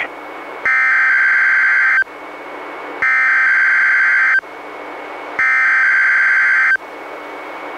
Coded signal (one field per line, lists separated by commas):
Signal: Emergency Alert System (SAME) tones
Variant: header bursts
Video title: EAS #174-176: 3 NWR Required Weekly Tests- May 10-24, 2017